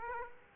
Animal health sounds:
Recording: mosquito wingbeat signal from an infrared sensor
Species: Aedes aegypti

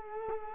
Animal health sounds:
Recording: mosquito wingbeat signal from an infrared sensor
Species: Culex quinquefasciatus

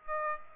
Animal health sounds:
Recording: mosquito wingbeat signal from an infrared sensor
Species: Aedes aegypti

